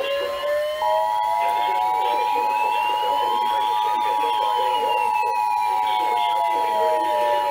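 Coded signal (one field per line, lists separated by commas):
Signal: Emergency Alert System (SAME) tones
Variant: 853 and 960 Hz attention tone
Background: speech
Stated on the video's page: Severe thunderstorm warnings, tornado warnings and tornado watches received from NOAA weather radio.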